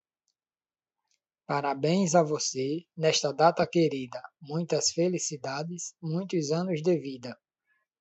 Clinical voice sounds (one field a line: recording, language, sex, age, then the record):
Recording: short text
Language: Brazilian Portuguese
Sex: male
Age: 30 to 39 years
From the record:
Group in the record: control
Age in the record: 38 years